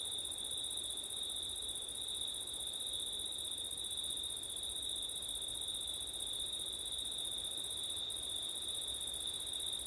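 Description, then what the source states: Cricket chorus of continuous high-pitched trilling, two shrill tones holding level and unchanging across the whole stretch. Crickets at night in September, with wind; ORTF microphone setup.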